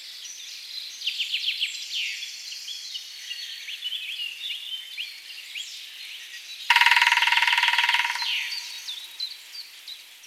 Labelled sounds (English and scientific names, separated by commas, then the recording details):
Grey-headed Woodpecker (Picus canus) song
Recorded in the wild
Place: Waltershofen / Freiburg im Breisgau, Baden-Württemberg, DE
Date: 2003-04-29
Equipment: MiniDisc Sharp MT 20 H, Sennheiser MKH 816
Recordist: Schwarz, Dieter
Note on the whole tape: Song